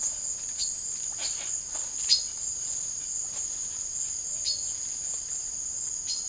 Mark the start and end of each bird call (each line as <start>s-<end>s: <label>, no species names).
0.48s-2.28s: bird call
4.42s-4.68s: bird call
5.98s-6.28s: bird call